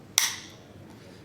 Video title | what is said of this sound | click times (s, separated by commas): BlackBerry 8520 Curve Unboxing | once it's clicked like that that's locked on you've got no problems with it | 0.2 s